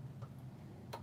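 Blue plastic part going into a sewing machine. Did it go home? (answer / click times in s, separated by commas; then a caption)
yes / 0.9 s. A blue plastic part is pushed into its slot on a sewing machine and seats with a short, sharp snap at 0.9 s. Before the snap there is only a low steady hum and a faint tick near 0.2 s.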